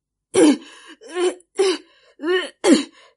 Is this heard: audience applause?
no